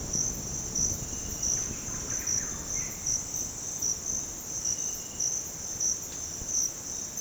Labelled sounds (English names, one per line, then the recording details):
Russet-backed Oropendola
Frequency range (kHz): Russet-backed Oropendola 0.6-2.9 kHz
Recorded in dense forest near Puerto Asís, Putumayo, Colombia, on 19 February 2024 at 07:00
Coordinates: 0.486, -76.316
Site G6437